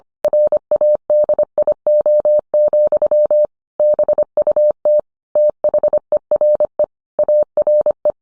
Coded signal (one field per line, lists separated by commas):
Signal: Morse code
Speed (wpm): 25 wpm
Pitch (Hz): 600 Hz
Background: none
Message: RADIO, BUT THERE ARE